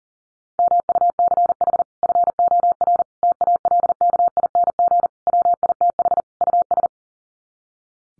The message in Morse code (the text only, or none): MUCH FOR TALKING WITH US